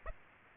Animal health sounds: mosquito wingbeat signal from an infrared sensor; Aedes aegypti

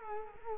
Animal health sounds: mosquito wingbeat signal from an infrared sensor; Culex quinquefasciatus

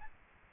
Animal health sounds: mosquito wingbeat signal from an infrared sensor; Aedes albopictus

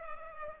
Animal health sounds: mosquito wingbeat signal from an infrared sensor; Culex pipiens

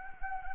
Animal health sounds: mosquito wingbeat signal from an infrared sensor; Anopheles gambiae

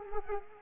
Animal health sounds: mosquito wingbeat signal from an infrared sensor; Culex quinquefasciatus

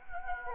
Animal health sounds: mosquito wingbeat signal from an infrared sensor; Anopheles gambiae

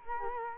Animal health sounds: mosquito wingbeat signal from an infrared sensor; Culex quinquefasciatus

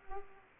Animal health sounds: mosquito wingbeat signal from an infrared sensor; Aedes aegypti

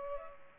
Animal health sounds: mosquito wingbeat signal from an infrared sensor; Culex pipiens

